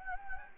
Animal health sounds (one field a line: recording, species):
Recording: mosquito wingbeat signal from an infrared sensor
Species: Anopheles gambiae